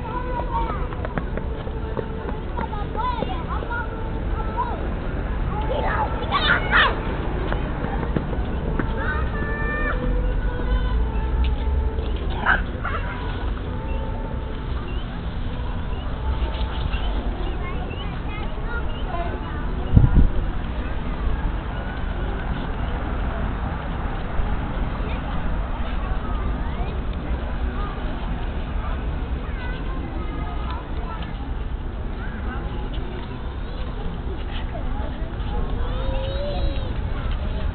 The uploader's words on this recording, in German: Helmholtzplatz Prenzlauer Berg. Young families enjoying the playground. Drunken friends enjoy the evening air.